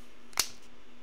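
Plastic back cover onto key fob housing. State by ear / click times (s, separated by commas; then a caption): seated / 0.4 s. After replacing the battery, the plastic back cover of an ATD Safewatch Pro 3000 key fob is put back on the housing and squeezed closed. It snaps shut with one short, bright click at 0.4 s, and the cover is seated.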